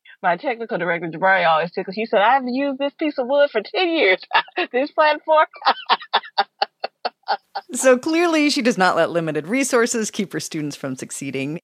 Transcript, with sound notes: My technical director Jabari always - 'cause he said, I've used this piece of wood for 10 years, this platform (laughter)
So, clearly, she does not let limited resources keep her students from succeeding.